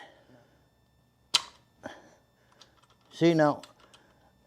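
The metal frame-hinge clamp lever on a folding eBike is opened and releases with one sharp, loud snap at 1.4 s, followed by a softer knock near 1.9 s. Someone then talks as the latch sits open, but the frame stays locked by a separate catch pin.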